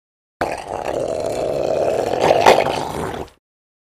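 Seal or sea lion giving one long harsh roar lasting about three seconds, steady and gravelly, swelling slightly before cutting off.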